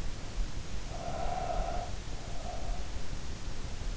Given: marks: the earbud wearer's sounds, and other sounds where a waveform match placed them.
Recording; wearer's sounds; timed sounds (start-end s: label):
sounds in sleep by an in-ear microphone; breath
0.58-3.14 s: breath